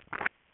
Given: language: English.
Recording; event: throat vibration sensor signal played as sound; swallow